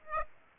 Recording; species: mosquito wingbeat signal from an infrared sensor; Aedes aegypti